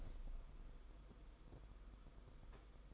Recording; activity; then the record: daily activity, microphone in the room; open window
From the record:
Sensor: 5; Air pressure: 990.6 hPa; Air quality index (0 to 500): 165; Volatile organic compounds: 308 ppm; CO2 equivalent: 4499 ppm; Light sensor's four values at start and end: 17/40/16/18 and 17/40/16/18